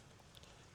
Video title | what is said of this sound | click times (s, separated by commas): Why My Buick Regal Windows Stopped Working + P0010 Fix | So same thing, locked, clipped, | 0.4 s